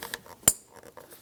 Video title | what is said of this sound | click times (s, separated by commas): How to Replace Radiator 1998-2002 Lincoln Navigator | press that in listen for a click give it a tug to make sure that's secure | 0.5 s